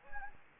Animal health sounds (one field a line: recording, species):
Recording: mosquito wingbeat signal from an infrared sensor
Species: Anopheles gambiae